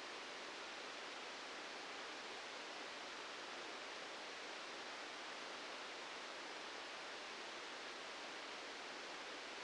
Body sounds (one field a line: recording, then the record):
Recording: brain microelectrode recording played as sound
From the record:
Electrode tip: outside the subthalamic nucleus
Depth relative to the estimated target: -4 mm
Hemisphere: left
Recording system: NeuroSet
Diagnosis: Parkinson's disease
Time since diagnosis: 13 years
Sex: male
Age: 65 years